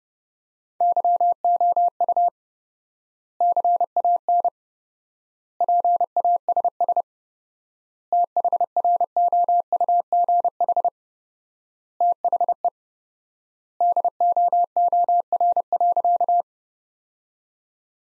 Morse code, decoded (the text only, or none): YOU CAN PASS THROUGH THE DOOR.